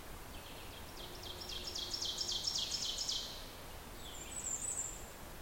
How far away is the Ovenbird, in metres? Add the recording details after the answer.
about 65 m. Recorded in boreal forest in Alberta, Canada, on 14 June 2016 at 06:13. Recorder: SongMeter 3, array SBT-3-33. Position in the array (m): 110 m, 24 m. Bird 21